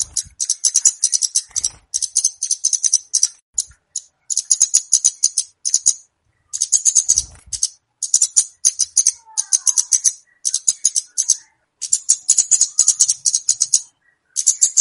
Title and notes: Kicau Pancing Burung Kemade ( Cabe Cabean). Suara Burung Cabe Cabean Pikat